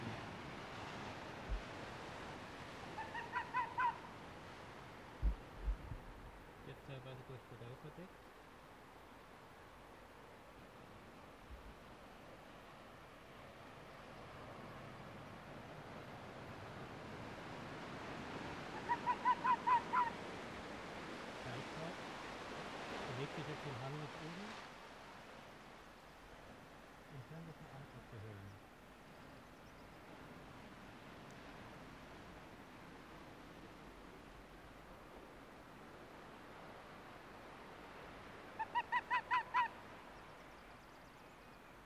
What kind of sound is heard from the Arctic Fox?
barking